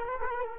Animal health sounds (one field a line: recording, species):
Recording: mosquito wingbeat signal from an infrared sensor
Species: Culex quinquefasciatus